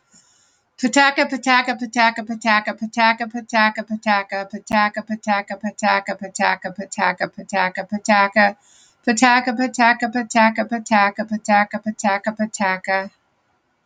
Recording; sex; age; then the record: repeated syllables /pa ta ka/; female; 60 to 69 years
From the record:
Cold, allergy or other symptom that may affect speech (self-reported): no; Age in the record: 69 years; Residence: Ohio, United States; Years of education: 10